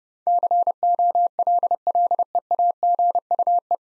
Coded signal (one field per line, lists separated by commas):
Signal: Morse code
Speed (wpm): 30 wpm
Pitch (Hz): 700 Hz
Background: none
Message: COLLEAGUE